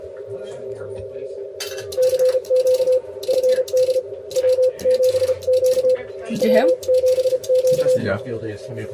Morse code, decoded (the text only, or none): CQ FD W7Q W7Q